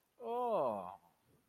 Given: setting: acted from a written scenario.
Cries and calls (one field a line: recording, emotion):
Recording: vocal sound without words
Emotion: adoration